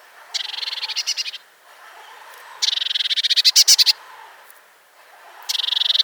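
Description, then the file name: Eurasian blue tit churrs: three rasping trill bursts, the middle one loudest and ending in sharp clicks. "Cyanistes caeruleus"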